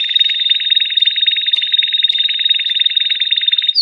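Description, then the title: Canary song: one long, rapid buzzy trill held steadily at the same high pitch for about four seconds, without breaks. National champion contest canary, used to tutor songbirds for singing competitions. "Masteran Kenari Lomba Juara Nasional"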